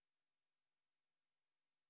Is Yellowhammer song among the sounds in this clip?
no